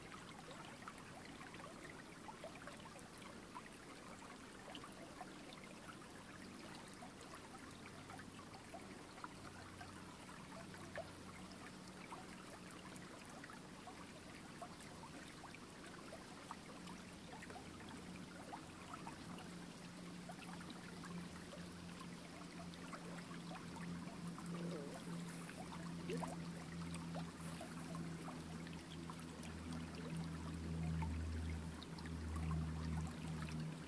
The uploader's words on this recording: Walking in Snow. Take a walk through the snow covered woodlands of Pennsylvania. This was recorded with binaural in-ear microphones.